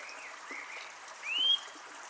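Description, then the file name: Eurasian nuthatch call: a single clear, upward-sweeping whistled note, preceded by fainter slurred notes, over a steady background hiss. "Sitta europaea"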